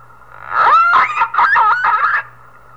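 Whale calls, a brief run of squealing tonal notes that waver, rise and fall in pitch for about a second and a half over a steady low hum.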